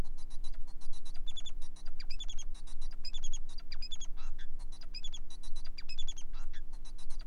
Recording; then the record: song of a male Bengalese finch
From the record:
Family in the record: son of father 4